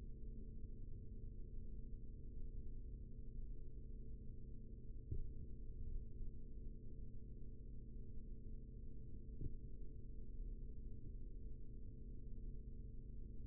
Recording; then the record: forearm muscle sounds (acoustic myography)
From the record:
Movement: rest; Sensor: system 3, bracelet of six PUI Audio POM-2738L microphones around the upper forearm, with dedicated amplification and filtering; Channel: 3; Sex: male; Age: 43 years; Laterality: right